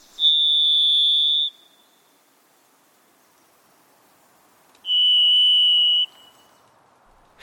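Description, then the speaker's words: Varied Thrush song: two long, steady, pure whistled notes, each about a second long, the second slightly lower in pitch, separated by roughly three seconds of near silence. Eerie song heard in moist Pacific Northwest forests in quiet, private places. "you hear the eerie song of the varied thrush, you may be in a moist Pacific Northwest forest in a quiet and private place."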